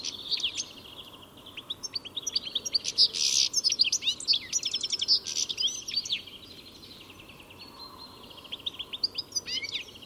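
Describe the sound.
Bird chatter of rapid, irregular high notes, dense and loud in the first half, thinning to softer chirps later.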